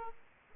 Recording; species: mosquito wingbeat signal from an infrared sensor; Aedes aegypti